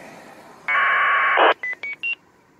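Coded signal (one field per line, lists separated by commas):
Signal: packet radio (AX.25, as in APRS)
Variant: 1200 baud AFSK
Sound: a short raspy warbling data burst, then three quick rising beeps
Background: radio static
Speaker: Oh, no, there's somebody. I didn't see the call.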